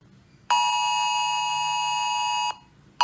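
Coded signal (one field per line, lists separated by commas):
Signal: Emergency Alert System (SAME) tones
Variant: 853 and 960 Hz attention tone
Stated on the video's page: Fictional scenario imagining a real missile alert, not an actual broadcast.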